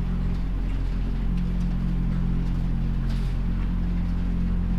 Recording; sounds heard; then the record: poultry house recording; sick chickens (respiratory disease)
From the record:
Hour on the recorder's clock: 20